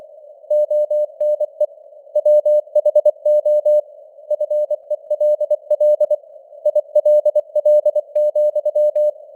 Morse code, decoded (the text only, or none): ONE WHO FELL ILL,